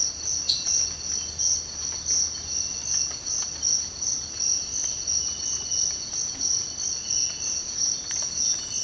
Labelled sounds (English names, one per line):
none